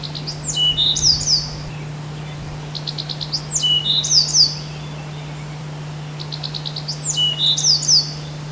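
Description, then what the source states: Bewick's wren song, three high, bright phrases, each with quick introductory notes and ending in sharp slurred notes, over a steady low hum. Recorded 28 May 2005.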